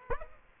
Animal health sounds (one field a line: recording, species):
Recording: mosquito wingbeat signal from an infrared sensor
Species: Aedes aegypti